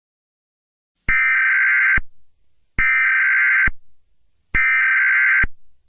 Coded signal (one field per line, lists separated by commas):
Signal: Emergency Alert System (SAME) tones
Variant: header bursts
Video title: EAS Scenario - Selden, KS - May 10, 2023